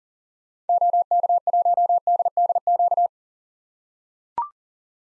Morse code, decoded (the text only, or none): OK1DDQ